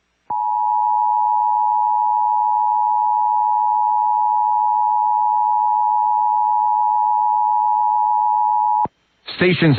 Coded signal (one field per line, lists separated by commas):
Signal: Emergency Alert System (SAME) tones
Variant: 853 and 960 Hz attention tone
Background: speech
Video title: Louisiana Statewide Emergency Alert System (EAS) Test (RMT) WRKF-FM (NPR) Batton Rouge, LA 4/13/20